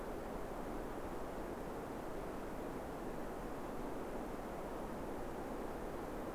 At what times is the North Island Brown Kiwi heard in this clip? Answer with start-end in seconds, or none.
none